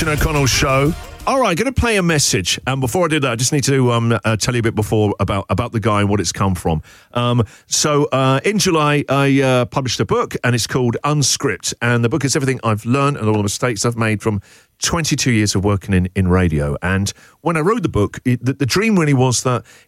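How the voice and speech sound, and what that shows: A single adult man speaks fluently on the Christian O'Connell Show in a clear, moderately pitched voice with lively intonation and brief natural pauses, including a few 'um' fillers. This is ordinary connected speech with no voice or fluency disorder, in a radio-broadcast style.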